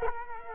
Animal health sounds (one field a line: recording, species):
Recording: mosquito wingbeat signal from an infrared sensor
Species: Culex quinquefasciatus